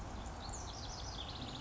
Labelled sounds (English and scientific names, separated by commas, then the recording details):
House Wren (Troglodytes aedon)
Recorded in Sonoma County, California